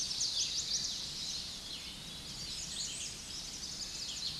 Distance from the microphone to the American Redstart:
about 70 m